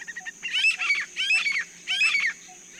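Swamp francolin giving harsh, grating call phrases, three loud raspy bursts in quick succession over a steady high hum.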